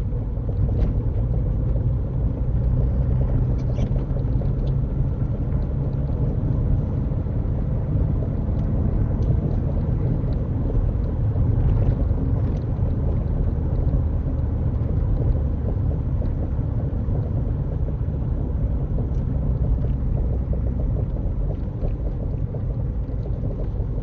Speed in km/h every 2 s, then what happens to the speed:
44, 48, 52, 56, 58, 58, 56, 53, 52, 47, 44, 40.
0-6 speeds up to 56. 10-24 slows to 40.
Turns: none.